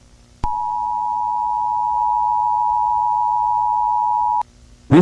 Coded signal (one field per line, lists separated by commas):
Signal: Emergency Alert System (SAME) tones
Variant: 853 and 960 Hz attention tone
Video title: NK-USA Nuclear War [EAS Scenario] {Old}